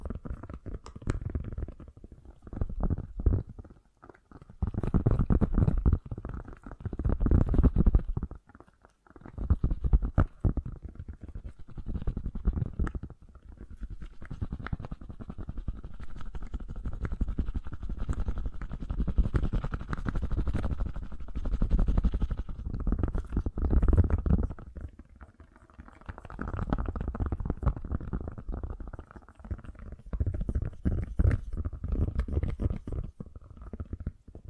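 Fast, gentle tapping of soft, dull, low-pitched taps packed into quick, dense runs. Short pauses fall near 4, 9, 13 and 25 seconds before the tapping picks up again. A faint, steady tone hangs underneath throughout.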